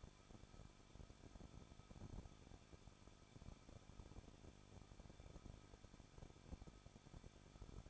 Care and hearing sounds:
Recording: daily activity, microphone in the room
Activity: no activity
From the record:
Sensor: 5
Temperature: 20.8 degrees Celsius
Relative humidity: 38.3%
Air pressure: 1006.4 hPa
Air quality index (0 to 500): 190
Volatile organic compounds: 19 ppm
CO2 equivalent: 2670 ppm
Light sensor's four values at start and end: 2/3/1/1 and 2/3/1/1

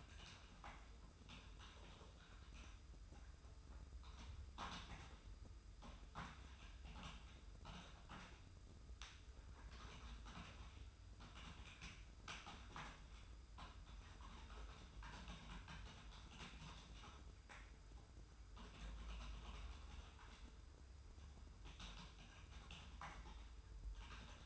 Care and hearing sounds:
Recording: daily activity, microphone in the room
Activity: typing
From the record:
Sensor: 2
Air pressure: 990.8 hPa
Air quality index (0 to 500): 144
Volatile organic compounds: 297 ppm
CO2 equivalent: 4474 ppm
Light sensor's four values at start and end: 28/69/27/29 and 28/69/27/29

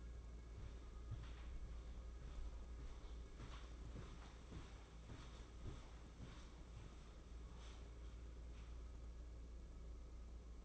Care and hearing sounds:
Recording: daily activity, microphone in the room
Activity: walk to room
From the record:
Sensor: 1

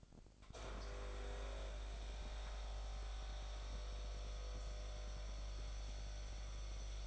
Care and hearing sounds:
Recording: daily activity, microphone in the room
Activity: make coffee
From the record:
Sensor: 5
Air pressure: 1007.5 hPa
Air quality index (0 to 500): 109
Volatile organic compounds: 1 ppm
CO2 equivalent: 838 ppm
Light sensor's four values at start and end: 27/62/25/26 and 26/61/25/25

